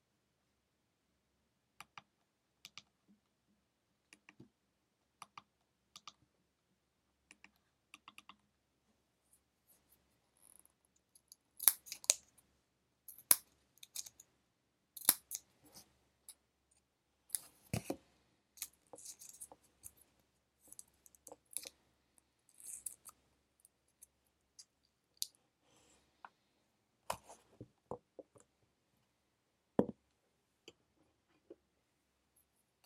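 Pencil marks and taps while studying, sparse soft clicks for the first ten seconds, then denser, brighter scratching strokes and ticks through the rest.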